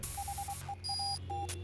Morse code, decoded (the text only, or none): HEAT